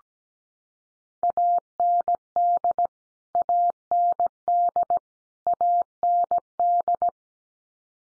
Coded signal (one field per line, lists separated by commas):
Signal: Morse code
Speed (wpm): 17 wpm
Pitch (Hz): 700 Hz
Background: none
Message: AND AND AND